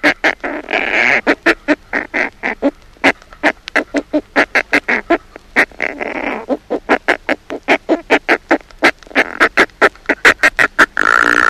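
Northern fulmar giving guttural chattering calls, fast throaty clicks broken by short drawn-out nasal grumbles, continuing steadily throughout.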